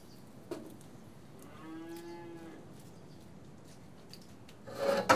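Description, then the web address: Cattle giving one soft, steady moo midway, with clicks and a rustling knock at the end. Cattle being tested; livestock. "The BBC Sound Effects Library Livestock Cattle Being Tested"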